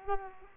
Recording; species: mosquito wingbeat signal from an infrared sensor; Culex quinquefasciatus